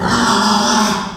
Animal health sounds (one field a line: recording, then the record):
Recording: squeal of a Yucatan mini pig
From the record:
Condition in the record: after surgery on the right vocal fold (resection and tissue-engineered implant)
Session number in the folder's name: 16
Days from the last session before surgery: 183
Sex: female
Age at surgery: 19 weeks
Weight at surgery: 25 kg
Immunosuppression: prednisolone